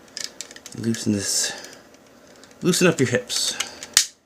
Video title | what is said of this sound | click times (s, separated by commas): Nonnef Hip Ratchets - Transfixed | There we go. See, you hear that snap, but I don't think that's glue or anything. | 4.0 s